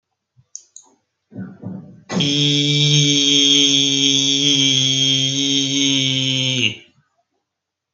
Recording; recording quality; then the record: sustained vowel as in beet; excellent, no background noise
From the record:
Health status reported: healthy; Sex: male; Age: 35 years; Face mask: not worn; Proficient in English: yes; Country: India